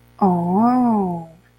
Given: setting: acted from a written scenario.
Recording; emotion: vocal sound without words; realization